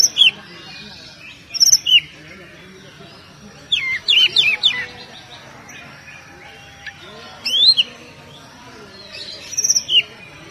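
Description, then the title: Oriental magpie-robin delivering clipped whistled phrases with thin high notes and rapid descending sweeps, separated by gaps of one to three seconds over faint steady noise. "Kacer"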